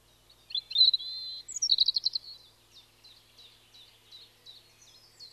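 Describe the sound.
European robin song opening with a high, drawn-out whistle, then a rapid stuttering trill, trailing off into soft, scattered high notes.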